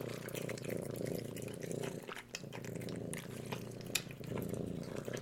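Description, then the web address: Cat: kittens lapping milk: quick wet clicks and licks come in a steady patter over a low continuous rumble, with a brief pause near the middle. Two kittens drinking milk from a bowl. "som dois gatinhos a comer leite da tigela"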